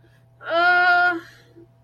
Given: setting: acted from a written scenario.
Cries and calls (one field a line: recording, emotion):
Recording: vocal sound without words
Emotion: distress